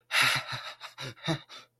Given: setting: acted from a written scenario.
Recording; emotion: vocal sound without words; fear